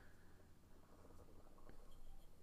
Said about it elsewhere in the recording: That was my stomach. I think the microphone picked it up. I must be hungry. That was a wicked growl.